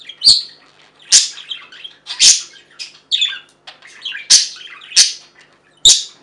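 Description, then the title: Budgerigar chatter with loud sharp chirps roughly once a second and scratchy warbling between them. "Budgie Sounds"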